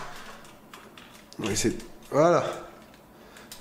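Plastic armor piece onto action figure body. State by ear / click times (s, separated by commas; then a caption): seated / 3.5 s. A plastic armor piece is pressed back onto the body of a 1/6 scale collectible action figure during reassembly. Someone talks, and a single short click is heard at 3.5 s. The piece is clipped back in place.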